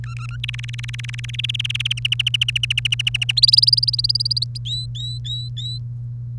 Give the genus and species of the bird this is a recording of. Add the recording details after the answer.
Serinus canaria. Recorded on 1 May 2018 at 05:50. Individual llb3